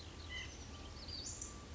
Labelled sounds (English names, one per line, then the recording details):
White-breasted Nuthatch
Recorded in Sonoma County, California